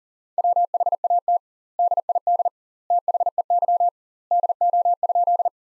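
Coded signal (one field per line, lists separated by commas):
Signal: Morse code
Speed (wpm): 37 wpm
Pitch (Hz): 700 Hz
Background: none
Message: WHAT DID THEY DO?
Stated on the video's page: Morse practice sentences from the top 100 words at 40 wpm with double word spacing, a Farnsworth-like method.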